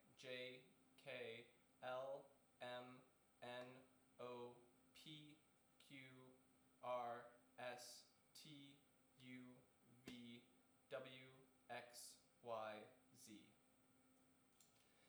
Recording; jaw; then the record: letters of the alphabet, spoken; free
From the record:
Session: seven days later